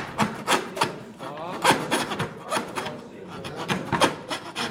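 A hand saw rasps through wood in quick, steady back-and-forth strokes, each one a bright, scratchy burst, repeating about a dozen times with no pause in the rhythm.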